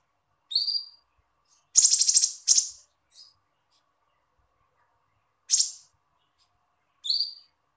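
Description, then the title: Small bird giving sparse high calls, a few thin harmonic chirps mixed with harsher buzzy notes, separated by quiet gaps of a second or two. "Burung Kecil"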